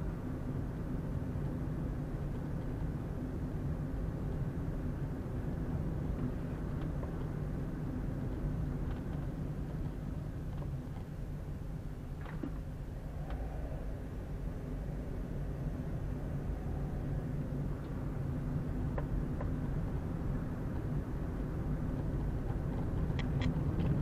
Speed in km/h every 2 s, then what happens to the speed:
26, 25, 26, 26, 23, 15, 13, 18, 23, 25, 27, 29.
0-7 steady at about 26. 7-12 slows to 13. 12-24 speeds up to 29.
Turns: none.